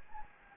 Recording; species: mosquito wingbeat signal from an infrared sensor; Anopheles gambiae